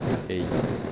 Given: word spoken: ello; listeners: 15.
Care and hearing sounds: one Spanish word in noise, from a listening test; noise modulated by three-talker babble; -4.2 dB; 1 of 15; 8 of 15; 0.53 s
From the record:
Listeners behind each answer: 8, 2, 2, 1, 1, 1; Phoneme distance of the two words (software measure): 10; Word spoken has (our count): 2 syllables, 3 phonemes, stress on syllable 1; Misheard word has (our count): 2 syllables, 3 phonemes, stress on syllable 1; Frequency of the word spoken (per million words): 365.55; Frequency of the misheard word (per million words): 725.09

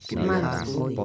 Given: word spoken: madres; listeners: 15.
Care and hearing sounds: one Spanish word in noise, from a listening test; four-talker babble; -1.2 dB; 0 of 15; 7 of 15; 0.64 s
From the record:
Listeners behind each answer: 7, 2, 2, 2, 1, 1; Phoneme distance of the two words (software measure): 21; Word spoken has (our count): 2 syllables, 6 phonemes, stress on syllable 1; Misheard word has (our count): 1 syllable, 3 phonemes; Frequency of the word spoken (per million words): 27.72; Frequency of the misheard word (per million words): 55.96

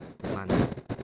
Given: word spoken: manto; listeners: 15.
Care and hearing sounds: one Spanish word in noise, from a listening test; noise modulated by one talker; -11.3 dB; 1 of 15; 6 of 15; 0.63 s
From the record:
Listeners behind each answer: 6, 2, 2, 1, 1, 1, 1, 1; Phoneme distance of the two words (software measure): 10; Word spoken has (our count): 2 syllables, 5 phonemes, stress on syllable 1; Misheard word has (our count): 2 syllables, 5 phonemes, stress on syllable 1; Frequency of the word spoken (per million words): 9.62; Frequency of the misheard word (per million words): 10.44

